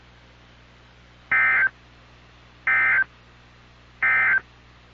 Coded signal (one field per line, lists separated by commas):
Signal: Emergency Alert System (SAME) tones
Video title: Tornado drills, and sirens that don't go off. (3/7/23 - 3/8/23) (EAS #508 - 521)